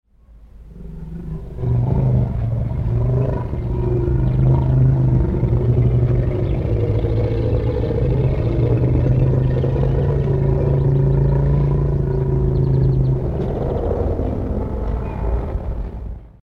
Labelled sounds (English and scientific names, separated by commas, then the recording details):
Asian Elephant (Elephas maximus)
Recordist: Tembrock, Günter
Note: Grollen einer Kuh